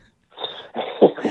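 A brief, dry cough in two quick bursts, close to a throat clear; a random, healthy, non-productive cough from an adult.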